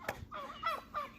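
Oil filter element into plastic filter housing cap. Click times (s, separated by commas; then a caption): 0.1 s. A new paper oil filter element is pushed onto the plastic filter housing cap of a 3.6 V6 until it snaps into place, with a sharp click at 0.1 s. Right after the click, a turkey gobbles several times nearby, loud enough to partly mask it. The element is seated on the cap.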